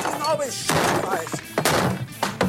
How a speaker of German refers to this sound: Und deswegen mache ich jetzt hier diesen Tisch mal kaputt, ja?